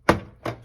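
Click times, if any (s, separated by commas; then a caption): 0.1 s. A game cartridge, lined up by its notch, is pushed down into the top slot of a Sega Genesis Model 1 video game console. A sharp click at 0.1 s marks the cartridge seating in place, followed by a softer second knock at about 0.5 s.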